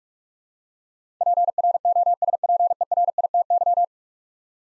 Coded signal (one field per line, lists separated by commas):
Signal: Morse code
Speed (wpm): 46 wpm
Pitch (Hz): 700 Hz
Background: none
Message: PROSPERITY